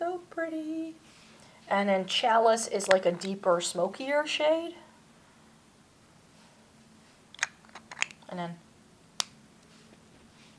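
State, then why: Seated. Someone talks about eyeshadow shades, then handles a plastic single-eyeshadow compact with a few small clicks and taps around 7.4–8.1 seconds. The compact's lid closes onto its base and snaps shut with a sharp click at 9.2 seconds.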